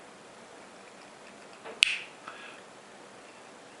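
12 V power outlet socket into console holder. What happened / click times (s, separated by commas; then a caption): The power socket snapped into its holder / 1.8 s. A new 12 V power outlet socket is pushed into its plastic holder in the center console of a 2006 Toyota Corolla. A faint rustle comes first, then a sharp, bright snap at 1.8 s and a softer tap at about 2.3 s, and the socket is seated in the holder.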